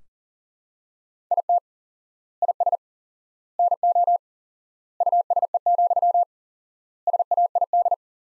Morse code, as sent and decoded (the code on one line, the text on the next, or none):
.. - / .. ... / -. --- / ..- ... . --..-- / ... .- .. -..
IT IS NO USE, SAID